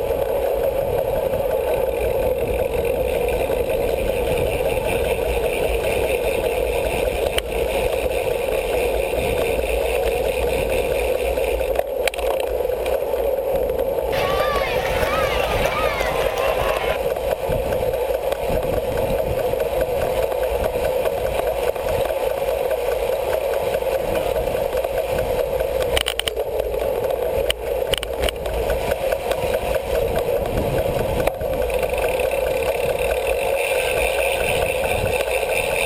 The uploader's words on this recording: 30 Minutes of Bicycle Racing Audio From EpicPlanet.tv. Audio from an actual Criterium bike race.